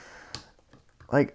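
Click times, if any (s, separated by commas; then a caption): none. A plastic costume attachment piece is pressed onto a die-cast pullback toy car from a Disney Store Cars on the Road Mater set, giving a sharp tap at 0.35 s and a few faint small taps around 0.7–1.0 s before someone talks. The piece fails to click into place, seemingly because of how it was designed, and nothing has clicked.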